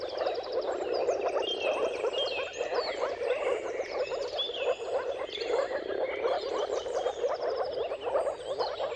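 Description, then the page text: Moor frogs calling in a dense chorus, soft bubbling low pulses overlapping without pause, with birds singing high twittering and whistled phrases above. Mating chorus of moor frogs at sunrise, at the turn of March and April depending on the weather; dawn chorus. "Dawn’s Chorus: Mating Calls of Marsh Frogs at Sunrise. Depending on the weather at the turn of March and April, you can witness an amazing spectacle of moor frogs. Jakub-Orzecki moor frogs"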